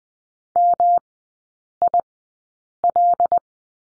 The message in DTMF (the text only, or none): none